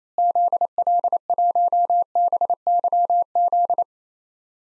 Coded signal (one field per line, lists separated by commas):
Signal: Morse code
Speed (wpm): 28 wpm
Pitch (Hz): 700 Hz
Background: none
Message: ZL1BYZ